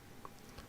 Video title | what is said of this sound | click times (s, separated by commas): Is he worth it????? Unboxing the New Masterverse Hordak Figure - Detailed Review - MOTU | Oh, it just clicks right in. | 0.2 s